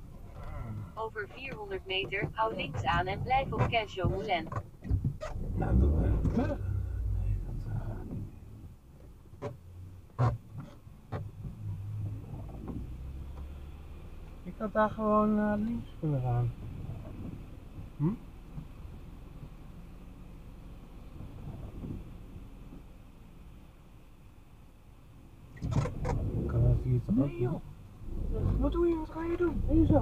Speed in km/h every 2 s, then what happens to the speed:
4, 0, 0, 0, 0, 0, 0, 0, 0, 0, 0, 0, 0, 1, 6.
1-26 standing.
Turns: none.